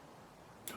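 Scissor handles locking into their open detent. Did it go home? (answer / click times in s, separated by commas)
yes / 0.7 s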